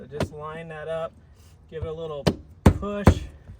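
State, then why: Not seated. A cargo blocker box is lined up and given a little push into the lock on a cargo floor mat while someone talks. Several sharp knocks of handling sound through the speech. Nothing has seated or clicked yet; the box is not yet home.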